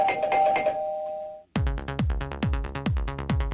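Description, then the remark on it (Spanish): A doorbell sound on the radio show Los Torpedos rings in a quick, steady series of about eight bright electronic pulses, following a brief sustained tone over a rhythmic beat, with no voices. “Los torpedos para aquellos que ya alcanzan el timbre.”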